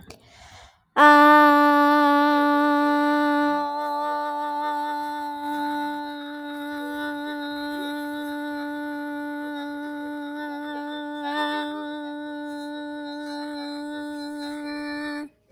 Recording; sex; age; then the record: vowel held as long as possible; female; 20 to 29 years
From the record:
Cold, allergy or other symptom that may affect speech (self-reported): no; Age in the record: 26 years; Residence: Texas, United States